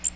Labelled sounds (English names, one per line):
Magnolia Warbler flight call